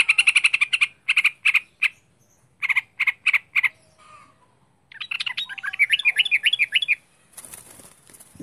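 Bird gives short bursts of rapid harsh chatter, falls briefly quiet, then switches to a run of more varied chirping notes before ending in faint noise.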